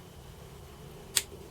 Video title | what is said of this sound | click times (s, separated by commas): Grinding / Engraving Tool Test & Review (Best tool to fix corroded connections?) | yeah nice nice click as well wish my phone | 1.2 s